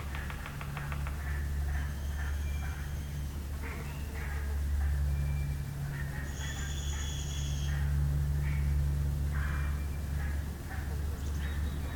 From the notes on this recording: a walk through the Beverly Swamp, listening for spring arrivals, and emerged frog species